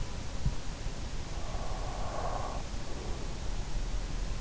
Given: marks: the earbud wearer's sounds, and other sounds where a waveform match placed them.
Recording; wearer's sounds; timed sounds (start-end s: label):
sounds in sleep by an in-ear microphone; breath
1.29-3.25 s: breath